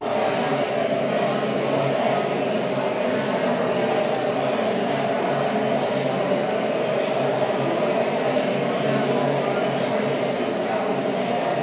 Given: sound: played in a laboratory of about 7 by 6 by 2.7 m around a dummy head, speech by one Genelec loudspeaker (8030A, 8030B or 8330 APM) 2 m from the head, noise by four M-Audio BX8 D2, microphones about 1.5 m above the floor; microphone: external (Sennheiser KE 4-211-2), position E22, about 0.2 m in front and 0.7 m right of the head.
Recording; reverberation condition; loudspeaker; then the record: babble noise; high; four, about 170 cm from the corners of the room and facing them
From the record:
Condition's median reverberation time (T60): about 1300 ms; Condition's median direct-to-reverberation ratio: about -4.0 dB